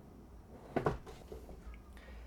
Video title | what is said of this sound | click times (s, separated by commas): Best Dual Monitor Arm Stand ? Pixio PS1D Wave Premium Dual Monitor Stand for up to 32" Monitors | on the center over here, and you should hear a nice click. | 0.8 s, 0.9 s